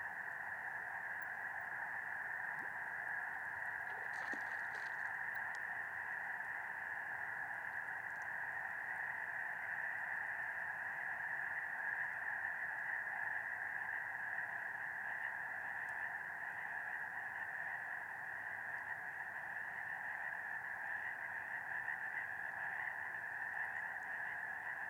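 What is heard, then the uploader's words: A dense, steady chorus of frogs and toads calls from across the lake, forming continuous bands of trilling in the middle and upper-middle range for the whole stretch. Near the start, around four to five seconds, a few brief sharper sounds stand out above the chorus. This was recorded just after sunset beside Medicine Lake in Modoc National Forest, Siskiyou County, California. Frogs and toads called out in chorus on the far side of the lake as the darkness settled in and the clouds dissipated, revealing an incredibly starry sky. Nightfall Beside Medicine Lake.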